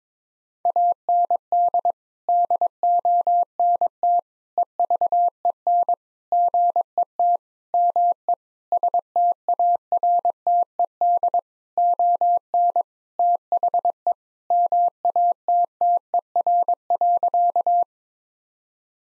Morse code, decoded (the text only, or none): AND DONT EVEN GET ME STARTED ON THE MATTER.